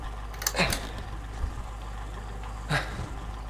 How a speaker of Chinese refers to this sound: 好热啊。宿舍风扇怎么这么响啊？